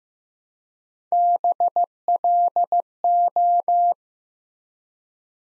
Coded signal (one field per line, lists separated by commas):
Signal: Morse code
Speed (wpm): 15 wpm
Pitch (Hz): 700 Hz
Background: none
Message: BLO